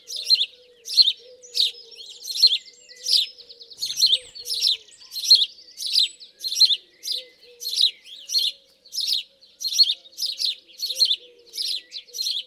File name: Passer domesticus